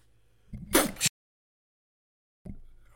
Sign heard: Big sneeze.